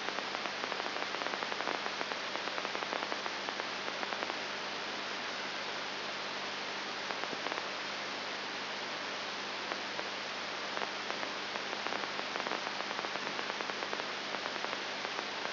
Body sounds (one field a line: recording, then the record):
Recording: brain microelectrode recording played as sound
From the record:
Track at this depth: inside the subthalamic nucleus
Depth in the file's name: 3.101 mm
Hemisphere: left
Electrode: 3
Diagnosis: Parkinson's disease